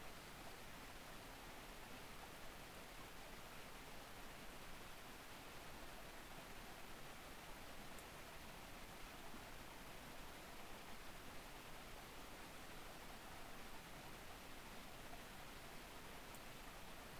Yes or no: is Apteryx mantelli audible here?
no